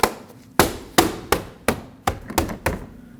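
A side mirror's interior plastic trim piece on a 2005-2021 Nissan Frontier is lined up with its push clips and pressed into the door frame by hand. Sharp knocks and snaps ring out at 0.6, 1.0, 1.3, 1.7 and 2.1 seconds, with two more knocks near 2.4 and 2.7 seconds. The push clips seat, locking the trim piece into place before the exterior push clips go in.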